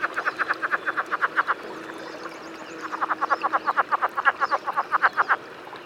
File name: Rana cascadae